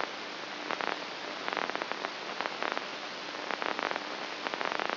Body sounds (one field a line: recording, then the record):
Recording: brain microelectrode recording played as sound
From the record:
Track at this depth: outside the subthalamic nucleus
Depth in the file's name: 1.539 mm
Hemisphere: left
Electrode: 2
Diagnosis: Parkinson's disease